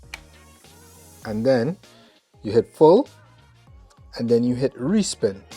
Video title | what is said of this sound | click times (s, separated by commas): You and your kids will smile this summer with the Ninja CREAMi Deluxe! | Spin all the way till you hear a click. | 0.1 s